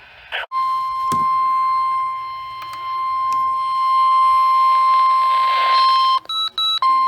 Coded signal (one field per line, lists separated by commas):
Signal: Emergency Alert System (SAME) tones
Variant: 1050 Hz attention tone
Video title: Before Isaias...EAS Alerts From August 3, 2020 (EAS #266-276)